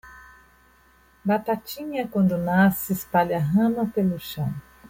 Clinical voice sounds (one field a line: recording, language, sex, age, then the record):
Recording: short text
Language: Brazilian Portuguese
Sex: female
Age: 50 to 59 years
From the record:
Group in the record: control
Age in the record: 59 years